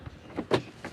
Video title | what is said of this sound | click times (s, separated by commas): இந்த 5 ⭐ star rating காரைப் பற்றி கொஞ்சம் உண்மையை பேசுவோமா!! | லாக் பண்ணிட்டேன் ஓகே இப்ப லாக் ஆயிடுச்சு | 0.5 s, 0.9 s